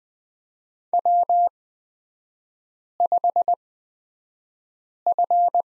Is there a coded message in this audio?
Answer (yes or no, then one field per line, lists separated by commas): yes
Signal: Morse code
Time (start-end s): 0.9-5.6 s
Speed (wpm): 20 wpm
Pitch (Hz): 700 Hz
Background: none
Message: W5F